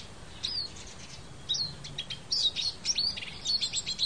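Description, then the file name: Eurasian siskin calls: high, thin chirps and short twittering notes, sparse at first, then coming in quick bursts over the last two seconds against faint background hiss. "Lucherino"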